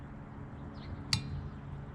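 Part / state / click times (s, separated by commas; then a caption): wiper blade onto windshield wiper arm / seated / 1.1 s. A wiper blade is slid onto the hook of a Toyota Corolla S windshield wiper arm and pushed upward until its locking tab engages. Over a low background hum, a single sharp, bright click sounds at 1.1 seconds. The blade is seated on the arm.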